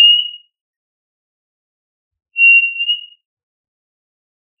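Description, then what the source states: Quail whistle: a tail of one note, then one full, level, pure whistle lasting under a second, and the start of another at the very end. Listed under the family Tinamidae; local name puyuh.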